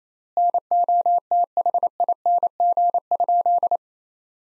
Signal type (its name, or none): Morse code